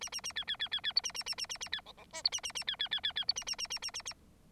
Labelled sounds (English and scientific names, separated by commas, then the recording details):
Bengalese Finch (Lonchura striata domestica) song
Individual Bird9